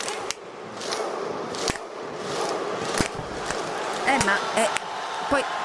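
The Viking thunderclap of Icelandic fans: single loud, sharp claps at a slow, steady pace about a second and a half apart, some joined by short shouted grunts, over a continuous noisy crowd-like background.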